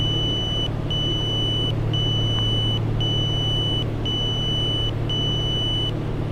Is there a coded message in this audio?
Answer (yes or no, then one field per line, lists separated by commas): no